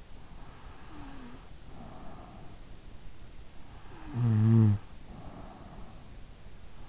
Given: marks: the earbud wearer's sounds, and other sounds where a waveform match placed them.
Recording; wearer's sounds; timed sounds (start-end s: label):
sounds in sleep by an in-ear microphone; breath, snoring breath
0.39-2.91 s: breath
3.94-6.28 s: snoring breath